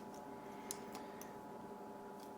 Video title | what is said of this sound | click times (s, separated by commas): FansProject Assulter | push the these pieces down and they should snap into place covering the robot's face | 0.7 s